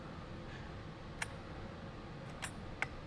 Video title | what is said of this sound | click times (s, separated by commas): UDOS 51E - 5 Modes Explained in Detail - McKee’s 37 | see that again and again those satisfying clicks listen to this listen get close here i'll get close to the mic | 1.2 s, 2.8 s